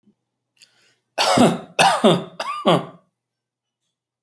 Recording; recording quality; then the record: shallow voluntary cough; excellent, no background noise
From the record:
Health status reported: healthy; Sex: male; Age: 39 years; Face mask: not worn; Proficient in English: yes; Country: India